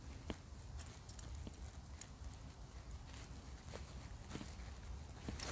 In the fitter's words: rigid the arms kind of click into place